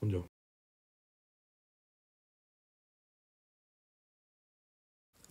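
A new wiper rubber strip for an Opel Insignia is being pushed into the wiper blade so that its cut notch can lock into the plastic holder; the strip is handled but nothing has seated or clicked yet. Someone talks briefly at the start, then the clip goes silent until faint noise returns at about 5.2 s.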